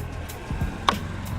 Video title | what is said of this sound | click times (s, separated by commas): Unhinged Wall Systems & Forcible Entry's VES Windows | you can just set your locks into place. | 0.9 s